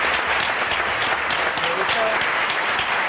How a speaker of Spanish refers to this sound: Y uno de los componentes del trío es el erudito Pepe Colubi. Un aplauso para él también.